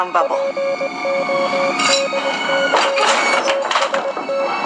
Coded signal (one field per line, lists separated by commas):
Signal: Morse code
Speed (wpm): 20 wpm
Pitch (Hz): 550 Hz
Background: speech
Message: PODCAST